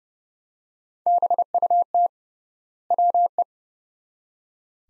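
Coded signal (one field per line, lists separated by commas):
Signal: Morse code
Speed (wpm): 29 wpm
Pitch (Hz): 700 Hz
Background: none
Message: BUT WE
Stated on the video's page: Morse practice, sets of two words at 30 wpm with 3x word spacing, a word-based analogue of Farnsworth spacing, for head-copy training.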